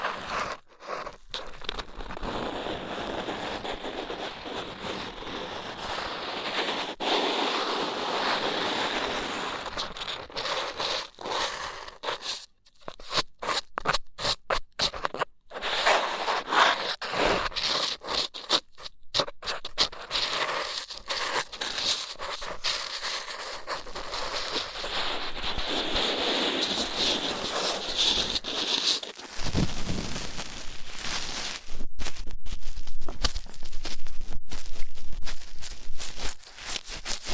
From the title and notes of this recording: ASMR Rough Ear Cleaning (No Talking).